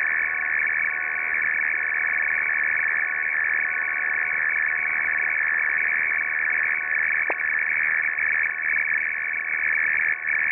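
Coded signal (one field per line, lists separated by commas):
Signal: RTTY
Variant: F01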